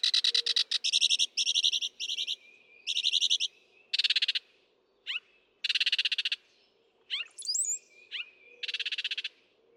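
Northern mockingbird song mixing rapid buzzy trills, harsh bursts and quick rising sweeps, phrases changing every second or so.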